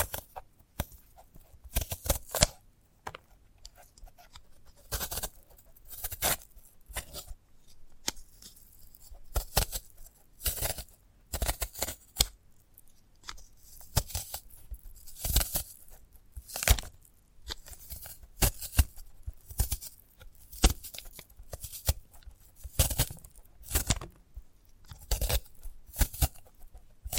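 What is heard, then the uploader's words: A sprouted coconut is handled and broken apart in ASMR style, giving sharp, crisp crackles and tearing snaps. The bursts come in irregular clusters every second or so across the whole clip, bright and dry, with near silence between them. ASMR of a Sprouted Coconut (No Talking).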